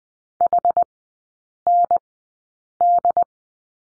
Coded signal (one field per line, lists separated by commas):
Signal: Morse code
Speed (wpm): 20 wpm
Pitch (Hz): 700 Hz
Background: none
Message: HND